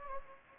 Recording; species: mosquito wingbeat signal from an infrared sensor; Anopheles gambiae